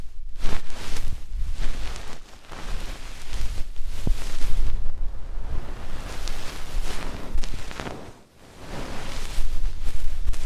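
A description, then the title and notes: Deep ear cleaning sounds fill the clip with dense, crackling scratches and rustles that swell and fade in rough waves. A low rumble runs underneath throughout, with brief sharp clicks near four seconds and a short quiet dip around eight seconds. ASMR INTENSE Deep Ear Cleaning (No Talking).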